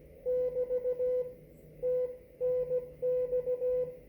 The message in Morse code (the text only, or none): <BT> TNX